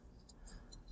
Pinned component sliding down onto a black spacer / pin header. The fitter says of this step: it snaps in quite pleasantly or maybe i've just slightly over done that side there